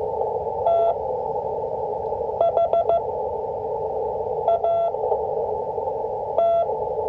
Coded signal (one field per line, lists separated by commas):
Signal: Morse code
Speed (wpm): 14 wpm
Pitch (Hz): 680 Hz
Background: none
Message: THAT